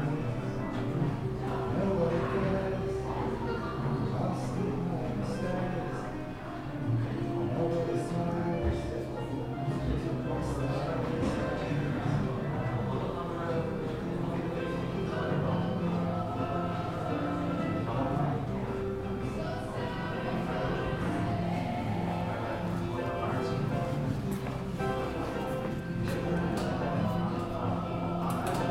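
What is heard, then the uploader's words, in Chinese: Sitting in a café: a steady wash of overlapping voices fills the whole stretch, no single speaker standing out. Occasional short clinks and knocks, like cups and dishes, pop up every few seconds over a constant low hum. 坐在咖啡馆有点开心｜城市声音。北京地坛旁边 没有特地录说话声。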